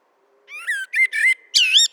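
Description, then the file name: Common blackbird giving short fluty whistled phrases broken by brief pauses, ending in a higher squeaky flourish; no other sounds. "Turdus merula"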